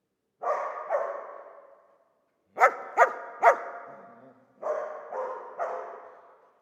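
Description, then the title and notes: Dog giving a pair of hoarse barks, then three sharp quick barks, then three more barks, each one ringing out and fading gradually. Old dog trapped in the pool basin of the decaying Palais El Glaoui courtyard, Fès, Morocco; full sun, circling, rearing on hind legs to bark at visitors; recorded with Zoom F3 and ORTF microphone. "Fès, Fès-Meknès, Maroc - le chien du palais El Glaoui. Dans la cour du palais (en décrépitude avancée), un vieux chien est "prisonnier" dans le bassin/piscine. Il se dresse sur ses pattes arrières pour entrevoir quelques secondes ce qui se passe dans la cour et "invective" les visiteurs de ses aboiements. JF CAVRO"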